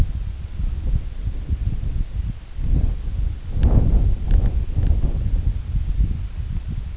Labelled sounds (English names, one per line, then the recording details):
none
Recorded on Arctic tundra, site IGLO-D, on 25 June 2018
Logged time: 02:00